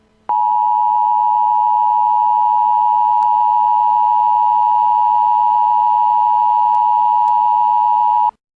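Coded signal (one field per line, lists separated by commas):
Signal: Emergency Alert System (SAME) tones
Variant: 853 and 960 Hz attention tone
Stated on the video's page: Mock EAS alert, a made-up scenario about a shooting at an amusement park.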